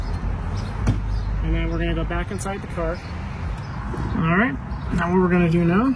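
During a rear view camera install, the camera part is lined up with a small guide or catch and pushed in, clicking into place at 0.9 s. Someone then talks over low background noise.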